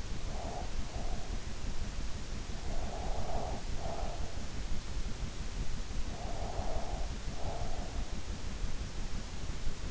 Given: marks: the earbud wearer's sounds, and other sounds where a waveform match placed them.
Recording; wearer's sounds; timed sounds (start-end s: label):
sounds in sleep by an in-ear microphone; breath
0.00-1.49 s: breath
2.48-4.50 s: breath
5.98-8.05 s: breath